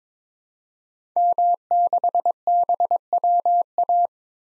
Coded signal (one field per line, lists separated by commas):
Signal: Morse code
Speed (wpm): 22 wpm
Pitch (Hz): 700 Hz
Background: none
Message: M6BWA